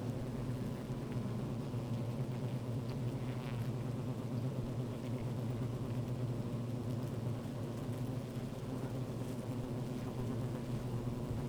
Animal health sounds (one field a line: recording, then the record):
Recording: honeybee colony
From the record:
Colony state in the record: active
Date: 28 July 2017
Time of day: 15:29